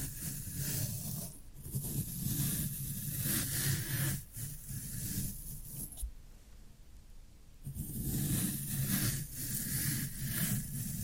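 Floral foam being handled gives a rough, crumbly hiss with a low thudding rumble underneath, rising and falling in uneven bursts. A near-silent pause falls around six to seven and a half seconds before the scratchy pressing and crunching resumes, dense and bright.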